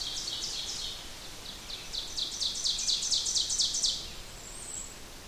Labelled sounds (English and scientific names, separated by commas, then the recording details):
Ovenbird (Seiurus aurocapilla) song
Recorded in boreal forest in Alberta, Canada, on 16 June 2016 at 08:09
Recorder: SongMeter 3, array SBT-3-32
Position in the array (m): 162 m, 26 m
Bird 36